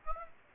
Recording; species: mosquito wingbeat signal from an infrared sensor; Aedes aegypti